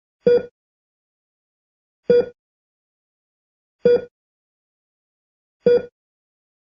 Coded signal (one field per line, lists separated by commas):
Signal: none